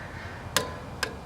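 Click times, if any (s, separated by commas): 0.6 s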